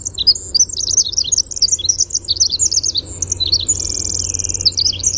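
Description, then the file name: Winter wren song: a long, rapid cascade of high tinkling notes and buzzy trills, including a steady rattling trill near the end, over a low steady hum. "WIWR song"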